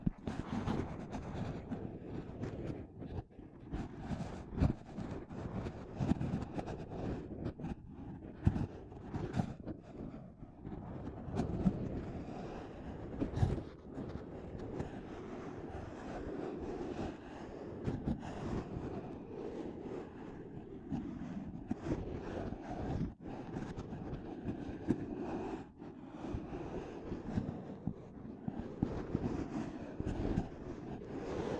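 Rapid, dense tapping and scratching on a microphone, a constant low rumbling rub broken by sharp bright clicks and thumps every second or so.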